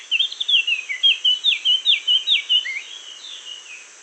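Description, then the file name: Eurasian blackcap song: an even, rapid series of loud, clear, looping whistled notes, trailing off into a soft warbling tail. "Sylvia atricapilla"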